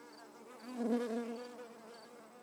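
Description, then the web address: Bee buzzing, a low droning hum that swells loudest near the one-second mark and then fades, over a faint steady high ticking chirp in the background. Recorded in a garden. "WSPDatabase Analysis DVD Garden Bee"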